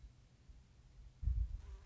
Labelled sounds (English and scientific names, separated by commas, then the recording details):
Western Meadowlark (Sturnella neglecta)
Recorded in Sonoma County, California